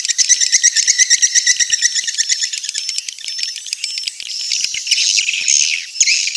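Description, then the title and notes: Swiftlet calls: quick rhythmic high chirps at first, then softer drawn-out twitters and short whistled notes. Sound used for swiftlet farming in Asia. "Swiflet Bird Sound. Farming Swiflet Bird asia sound"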